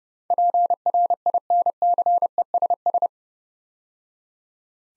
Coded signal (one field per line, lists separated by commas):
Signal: Morse code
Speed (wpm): 30 wpm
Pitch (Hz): 700 Hz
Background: none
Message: PRINCESS